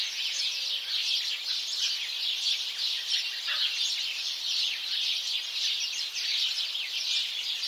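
House sparrow chirps, dense chattering of many birds, uneven bursts of quick notes running the whole time.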